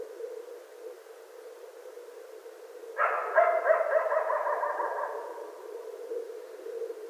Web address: sounds mammals Coyote 2013 01 25 Coyotes